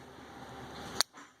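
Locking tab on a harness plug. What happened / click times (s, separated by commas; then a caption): The connector lock popped out / 1.0 s. During a PT6000 installation on a Carrier TRU, the locking tab on a harness plug is popped out before the plug goes into the transponder. Over a steady background hum, a single sharp click sounds at 1.0 s, followed by quieter noise. The lock is released.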